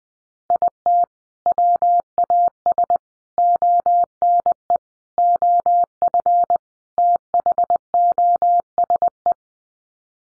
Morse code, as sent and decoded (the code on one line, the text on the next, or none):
.. - / .-- .- ... / --- -. . / --- ..-. / - .... --- ... .
IT WAS ONE OF THOSE